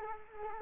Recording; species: mosquito wingbeat signal from an infrared sensor; Culex quinquefasciatus